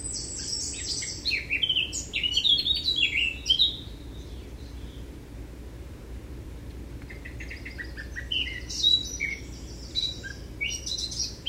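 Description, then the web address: Eurasian blackcap giving two long warbling phrases of rapid, varied chirps and whistles, separated by a quieter stretch, with constant low background hum. "SETE data Sylvia atricapilla"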